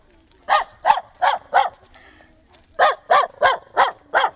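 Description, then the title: Dog barks in two bursts: four evenly spaced barks, a short lull, then five more in a steady rhythm, each bark clipped and bright. Several dogs, Château-L'Abbaye, Nord, April 2001. "Animus. Chiens - Château-L'Abbaye, Nord - avril 2001"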